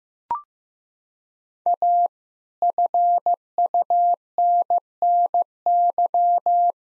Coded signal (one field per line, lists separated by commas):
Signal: Morse code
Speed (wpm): 15 wpm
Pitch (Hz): 700 Hz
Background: none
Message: A FUNNY